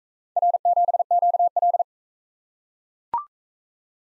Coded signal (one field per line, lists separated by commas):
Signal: Morse code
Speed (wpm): 36 wpm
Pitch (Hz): 700 Hz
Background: none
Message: R7QL